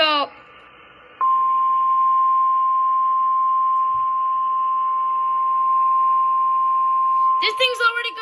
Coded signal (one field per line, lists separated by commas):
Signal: Emergency Alert System (SAME) tones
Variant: 1050 Hz attention tone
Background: speech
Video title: Tests & Storms | EAS Alerts From 4/28/21 (EAS #226 - #232)